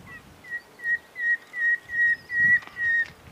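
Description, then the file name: Common nightingale song: a series of about eight pure, even whistled notes at one pitch, growing louder and longer. "Luscinia megarhynchos"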